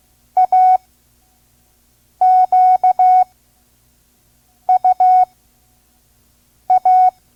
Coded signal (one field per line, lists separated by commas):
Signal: Morse code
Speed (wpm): 16 wpm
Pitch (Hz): 740 Hz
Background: none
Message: AQUA